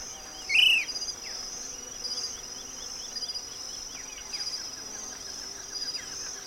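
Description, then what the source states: Short-crested flycatcher giving one bright, arched note that rises and falls, over a continuous high insect drone and soft buzzing pulses. Call, recorded 8 June 2008.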